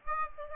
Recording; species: mosquito wingbeat signal from an infrared sensor; Aedes aegypti